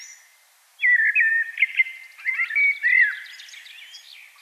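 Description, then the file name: Common blackbird song, a loud rich warbling phrase of rolling whistled notes followed by a softer, twittering high-pitched tail. "Turdus merula"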